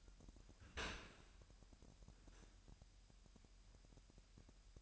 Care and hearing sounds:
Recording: daily activity, microphone in the room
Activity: open dishwasher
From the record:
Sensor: 2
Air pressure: 998.3 hPa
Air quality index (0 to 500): 145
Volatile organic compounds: 4 ppm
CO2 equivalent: 1645 ppm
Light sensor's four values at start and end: 10/30/12/11 and 10/30/12/11

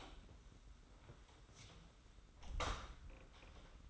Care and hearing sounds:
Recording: daily activity, microphone in the room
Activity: close door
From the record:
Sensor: 3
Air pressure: 991.6 hPa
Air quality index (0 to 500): 146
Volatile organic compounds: 413 ppm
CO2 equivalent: 4692 ppm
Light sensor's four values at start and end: 42/117/47/41 and 42/117/47/41

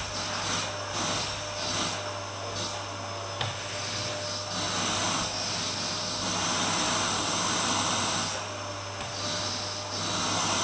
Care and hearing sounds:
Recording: daily activity, microphone in the room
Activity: vacuum cleaning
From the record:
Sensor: 2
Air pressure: 988.5 hPa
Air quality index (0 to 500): 195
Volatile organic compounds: 210 ppm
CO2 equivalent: 4244 ppm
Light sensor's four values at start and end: 19/65/25/24 and 19/64/25/24

